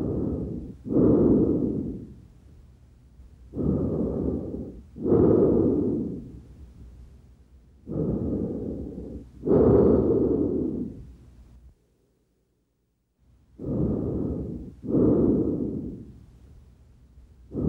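Four loud, harsh breaths, about 14 a minute, each with a paired inhale and exhale: normal tracheal breath sounds heard by stethoscope over the tracheal and interscapular areas of an adult.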